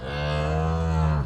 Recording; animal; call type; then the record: contact call of a hoofed animal; cattle; low-frequency (closed-mouth) or high-frequency (open-mouth) call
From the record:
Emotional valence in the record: negative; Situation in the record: full separation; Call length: 1.26 s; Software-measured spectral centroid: 1480 Hz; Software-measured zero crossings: 1210 a second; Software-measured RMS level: -24 dBFS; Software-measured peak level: -12 dBFS